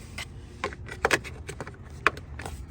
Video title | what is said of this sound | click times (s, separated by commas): 2023 Honda Ridgeline RTL-E OEM AMP location and ANC module location for improving sound part 2! | but it locks in place. | 2.1 s